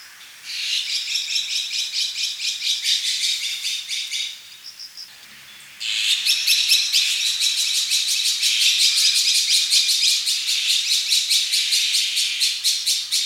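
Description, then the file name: Azure-winged magpie giving harsh, buzzy rasping calls in a dense, rapidly pulsed run, broken by a brief pause about a third of the way through before resuming even louder. "onaga"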